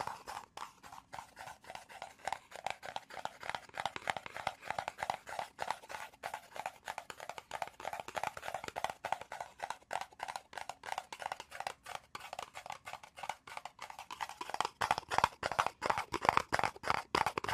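Rapid tapping and scratching runs throughout, a dense stream of crisp, clicky hits with a brighter scratchy texture between them. The taps come fast and fairly regular, growing sharper and louder toward the end, with a thin tonal squeak appearing after about fifteen seconds.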